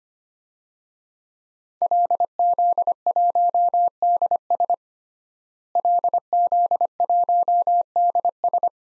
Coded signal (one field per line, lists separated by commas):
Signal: Morse code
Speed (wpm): 25 wpm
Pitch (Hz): 700 Hz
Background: none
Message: LZ1DS LZ1DS